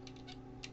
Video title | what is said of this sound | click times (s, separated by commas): PRWF Wild Force Megazord Review | until it clicks into place, and then push all of this down. | 0.6 s